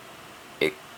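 A Ka-Bar BK11 Becker Necker fixed-blade knife is pushed only part way into its nylon plastic sheath, catching at the first detent short of the full lock. A single short, sharp click sounds at 0.6 s over a quiet background, with bright mid and high tones that fade within about a tenth of a second. The knife is held at this first click, giving good retention that won't rattle while still releasing more easily than the full lock.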